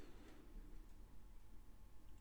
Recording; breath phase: one breath near a microphone; inhalation